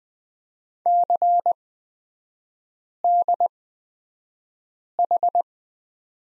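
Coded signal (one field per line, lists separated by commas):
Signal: Morse code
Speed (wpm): 20 wpm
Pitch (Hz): 700 Hz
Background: none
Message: CDH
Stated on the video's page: Morse course lesson on the letter Z with three-character groups, Farnsworth spacing of 20/10 wpm.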